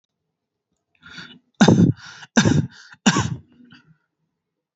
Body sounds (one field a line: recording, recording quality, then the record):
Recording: shallow voluntary cough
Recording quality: moderate, slight background noise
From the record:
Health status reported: healthy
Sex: male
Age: 33 years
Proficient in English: yes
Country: India